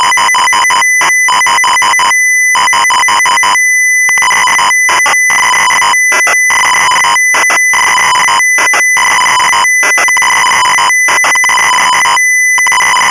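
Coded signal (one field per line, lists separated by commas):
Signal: ZX Spectrum tape loading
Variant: Sinclair ZX Spectrum cassette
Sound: harsh buzzing data bursts alternating with a steady high whine and short gaps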